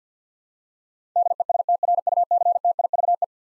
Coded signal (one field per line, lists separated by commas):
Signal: Morse code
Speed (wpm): 50 wpm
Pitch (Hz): 700 Hz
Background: none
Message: DESTRUCTIVE